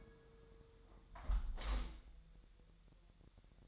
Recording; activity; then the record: daily activity, microphone in the room; close window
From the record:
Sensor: 3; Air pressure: 999.8 hPa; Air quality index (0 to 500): 221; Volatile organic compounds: 84 ppm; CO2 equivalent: 3640 ppm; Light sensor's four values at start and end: 10/22/9/9 and 9/22/9/9